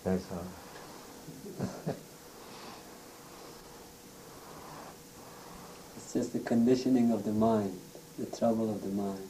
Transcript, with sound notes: That's all right. [chuckles]
It's just the conditioning of the mind, the trouble of the mind.